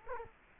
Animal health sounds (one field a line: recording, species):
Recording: mosquito wingbeat signal from an infrared sensor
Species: Culex quinquefasciatus